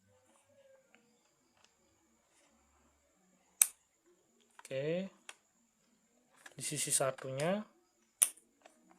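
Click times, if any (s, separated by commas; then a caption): 8.2 s. Someone talks while the crimped RJ45 plug on the other end of a cable is pushed into the port of a LAN cable tester. A sharp click at 8.2 s marks the plug locking into place, seated, after an earlier loud tick at 3.6 s.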